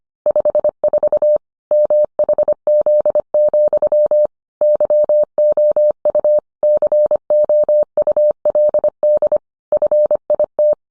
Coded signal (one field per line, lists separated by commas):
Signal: Morse code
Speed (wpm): 25 wpm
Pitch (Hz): 600 Hz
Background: none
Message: 54 MHZ, YOU COULD FIT